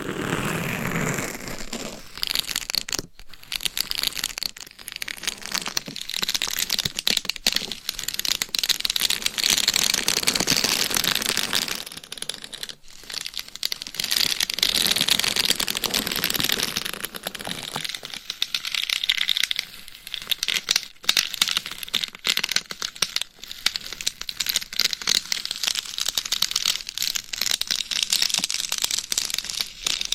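Gloved fingers and nails scratch and tap a binaural mic in dense, rustling bursts, crinkly and bright, with brief silent breaks around 3, 13 and 21 seconds.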